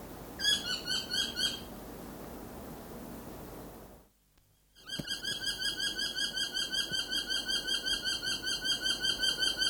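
South Island saddleback song: a short phrase of rhythmic chattering notes, a brief silence, then a long, steady run of rapid repeated harmonic notes.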